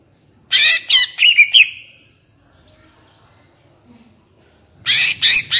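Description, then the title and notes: Greater green leafbird song in two bursts of sharp, rapid chirps and warbled notes separated by a few seconds of near silence. Actively singing (gacor) greater green leafbird, described as melodious, suited as masteran to train captive leafbirds to sing. "Cucak Ijo Gacor Ngentrok Jambul Nembak. suara burung cucak ijo gacor, merdu cocok buat masteran burung cucak ijo"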